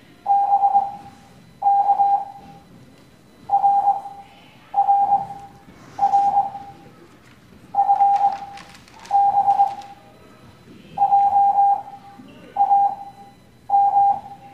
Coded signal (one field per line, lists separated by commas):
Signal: Morse code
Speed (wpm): 21 wpm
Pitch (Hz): 800 Hz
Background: none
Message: B K R R R F B J A M